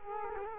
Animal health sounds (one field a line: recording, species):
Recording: mosquito wingbeat signal from an infrared sensor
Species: Culex quinquefasciatus